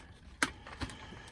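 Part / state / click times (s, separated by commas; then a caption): plastic combiner figure into a toy robot torso connector / seated / 0.4 s. A plastic Stunticon combiner figure is pushed into the Motormaster torso port to form Menasor. After a first try that did not click in well, it snaps in on two tiny pegs with a sharp click at 0.4 s, followed by a softer knock around 0.8 s. The limb is seated, though the feel of the connection is disliked.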